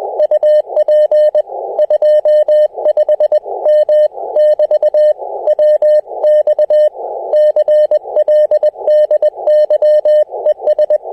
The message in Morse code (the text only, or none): UP 25 M <BT> W X CLDY ES